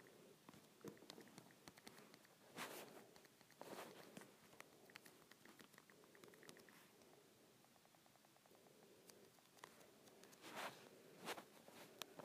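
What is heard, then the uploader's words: Fingers tap an Android phone in quick, irregular bursts of light clicks, with a few sharper, louder knocks near the start and end. Tapping my Android Phone.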